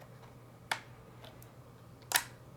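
A second SO-DIMM RAM module is inserted and pressed down into a laptop memory slot until it latches. A sharp tick sounds at 0.7 s and a few faint ticks follow, then the loud, bright latch click comes at 2.2 s. The module is seated.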